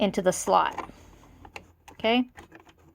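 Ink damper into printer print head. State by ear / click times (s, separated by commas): not seated / none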